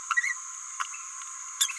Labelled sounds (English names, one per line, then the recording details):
Green-rumped Parrotlet babbling
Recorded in a nest box in Venezuela
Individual 18B17A4